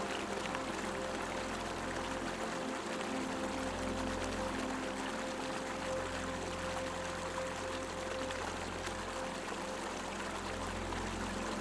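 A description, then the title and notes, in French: A gently flowing stream runs steadily throughout, a dense, even wash of trickling water across the whole clip. A soft, sustained tone hums underneath, and a faint low rumble stays constant, with no distinct events standing out. Le son apaisant d'un ruisseau berçant.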